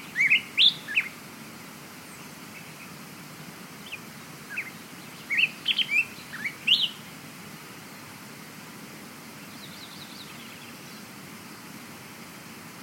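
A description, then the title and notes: Morning forest with bright bird chirps in short bursts near the start and around six seconds, over a steady low outdoor hum. Morning Forest.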